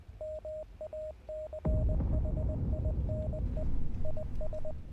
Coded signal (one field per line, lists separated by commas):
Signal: Morse code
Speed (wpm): 20 wpm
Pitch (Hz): 620 Hz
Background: none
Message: MACHINE IS